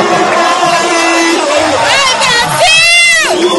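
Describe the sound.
A large crowd roars and shouts together after Brazil scores to go 2-0 against Serbia in a World Cup match, with loud sustained voices rising into a chant of "Brasil" that swells in the final second, constant and dense throughout.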